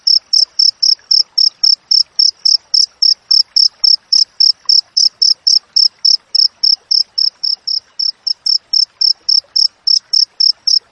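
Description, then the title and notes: Cricket chirping persistently, a long run of sharp high pulses at a steady pace of about three to four per second. Wild crickets with clear, closely spaced chirps, used for training songbirds and to repel rats. "Masteran Jangkrik Alam Jernih, Jeda Rapat Cocok Untuk Masteran Burung Dan Mengusir Tikus. suara jangkrik"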